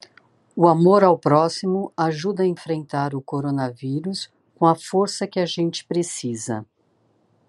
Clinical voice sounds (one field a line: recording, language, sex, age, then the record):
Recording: spoken sentence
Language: Brazilian Portuguese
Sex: female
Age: 50 to 59 years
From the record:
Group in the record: control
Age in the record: 56 years